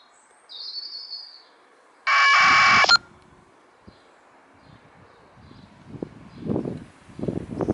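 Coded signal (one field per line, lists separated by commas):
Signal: packet radio (AX.25, as in APRS)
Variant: 1200 baud AFSK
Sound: one short harsh warbling data burst under a second, then radio squelch tail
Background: birdsong, outdoor ambience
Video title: ISS-APRS with TH-D72 + MFJ-1714 The Long Ranger 2 Meter ½ wave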